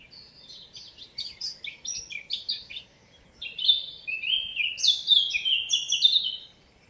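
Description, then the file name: Eurasian blackcap song: a scratchy, hurried chattering warble, then after a short pause a louder run of clear, fluty whistled phrases. "Sylvia atricapilla"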